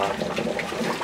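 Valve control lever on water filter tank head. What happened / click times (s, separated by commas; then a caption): The lever is being handled and has not yet clicked into position / none. The valve control lever on the tank head of a Hydro Fiber 4000 water filter is being turned toward the marked backwash position, with steady running water heard throughout and a brief louder burst near 0.6 s. Nothing has clicked or seated yet; the lever is still being handled and not yet home.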